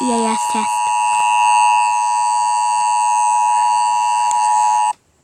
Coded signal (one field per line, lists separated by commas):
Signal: Emergency Alert System (SAME) tones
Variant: 853 and 960 Hz attention tone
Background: speech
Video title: Eas